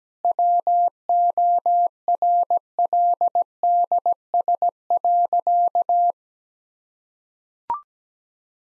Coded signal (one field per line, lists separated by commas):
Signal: Morse code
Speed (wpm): 17 wpm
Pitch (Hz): 700 Hz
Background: none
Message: WORLDS.